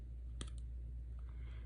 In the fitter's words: so sometimes it's just a very faint kind of Click but you can see that they're connected in there and